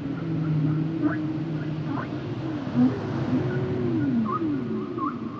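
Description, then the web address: Whale song: low wavering moans rising and falling beneath quick upward squeals and short dipping high whistles. "Natures Songs Whale Songs Whales and Dolphins - whale nature sounds songs"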